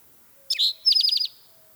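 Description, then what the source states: Spotted Towhee: a sharp downslurred note followed by a fast trill of several rapid high notes, lasting under a second. Recorded by Paul Marvin, provided by the Macaulay Library; calls are variable and take practice to recognise.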